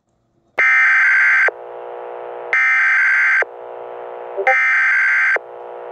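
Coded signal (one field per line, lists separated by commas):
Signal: Emergency Alert System (SAME) tones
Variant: header bursts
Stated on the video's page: Fictional simulated emergency alert scenario.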